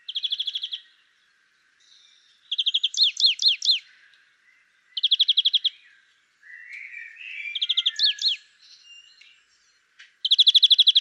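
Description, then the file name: European greenfinch giving short, rapid trills of bright ticking notes, repeated in bursts every two to three seconds, with a few downslurred twittering notes between them. "Chloris chloris"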